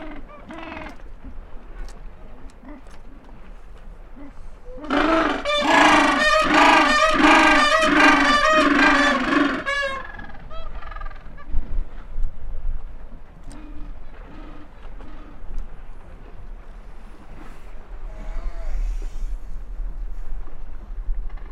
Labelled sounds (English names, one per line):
Gentoo Penguin call